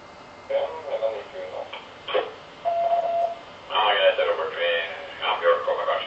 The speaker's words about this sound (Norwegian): Det er en sånn en repeater. Du hører tikk-tikk-ta.